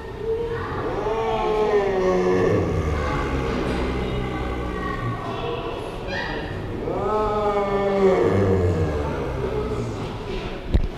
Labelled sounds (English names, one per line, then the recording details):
Clouded Leopard growling
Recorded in captivity
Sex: male
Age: adult
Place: Tierpark Berlin, Berlin, DE
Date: 1974-04-01
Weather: sonnig, 16°C
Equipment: Uher 4200 Report Stereo, Sennheiser MD 421, Verstärker
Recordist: Tembrock, Günter